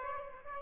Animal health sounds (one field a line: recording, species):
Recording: mosquito wingbeat signal from an infrared sensor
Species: Aedes aegypti